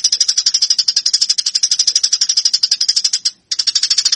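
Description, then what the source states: Eurasian tree sparrow producing a quick, grating series of high chirps, pausing briefly near the end before resuming. Fighting (tarung) sounds of the tree sparrow (burung gereja).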